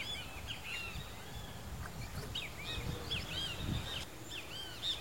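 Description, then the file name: Rusty-margined flycatcher song: a near-continuous run of arched, up-and-down whistled notes, with a steady low hum underneath. "canto do bentevizinho de asa ferruginea"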